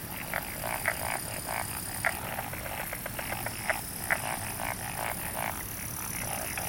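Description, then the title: Frog chorus of quick repeated croaks, several overlapping callers pulsing irregularly over a constant hiss with a thin high tone above. Frogs calling at night in a rice paddy in summer, Hokkaido, Japan. "Summer Japan, Hokkaido. Night Paddy's frogs. 夜の水田のカエル"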